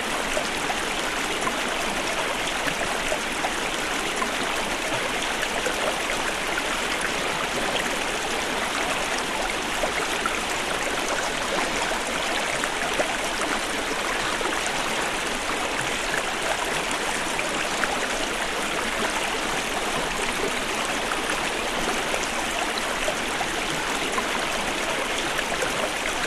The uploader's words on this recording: Babbling Brook.